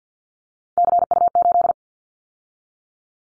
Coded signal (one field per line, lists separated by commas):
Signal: Morse code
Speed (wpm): 50 wpm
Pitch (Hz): 700 Hz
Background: none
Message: CU8